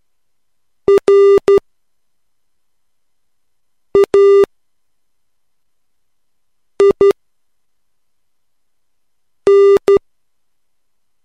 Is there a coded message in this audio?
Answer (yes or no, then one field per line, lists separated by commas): yes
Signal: Morse code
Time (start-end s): 0.9-10.0 s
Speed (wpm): 12 wpm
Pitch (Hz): 400 Hz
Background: none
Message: RAIN